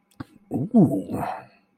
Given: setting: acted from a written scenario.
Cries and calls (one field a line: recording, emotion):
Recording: vocal sound without words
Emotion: desire